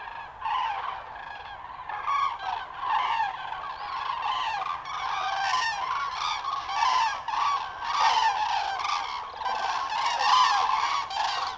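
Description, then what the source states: Common crane flock giving loud, rolling, bugling calls that overlap heavily, the chorus swelling louder toward the end. Juvenile and adult birds, Linum, 20 October 2019.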